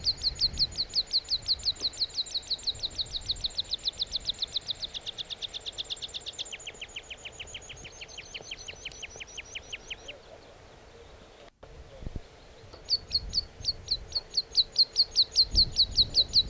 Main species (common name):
Meadow Pipit